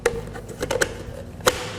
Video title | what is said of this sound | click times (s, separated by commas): 2011-2020 Ford Edge 4" to 8" Sync 3 Upgrade installation Guide - Infotainment.com | but once it's in, it'll pop into place and we are good to go. | 0.8 s, 1.5 s